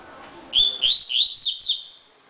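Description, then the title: Double-collared seedeater song: a quick run of sweet, high slurred whistles, rising and falling notes in a bright short phrase. Song of a coleiro. "Canto Coleiro"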